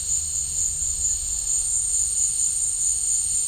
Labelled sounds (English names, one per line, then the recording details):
none
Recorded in pastures near Puerto Asís, Putumayo, Colombia, on 20 December 2024 at 16:00
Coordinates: 0.496, -76.326
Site G004